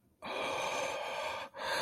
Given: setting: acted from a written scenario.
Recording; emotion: vocal sound without words; awe